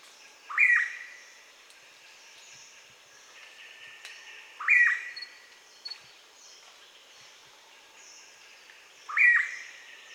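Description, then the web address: Blue pitta giving a quick upslurred whistle with a falling end, repeated three times, over soft background noise. "blue pitta. صدای-پرنده-پیتای-کبود"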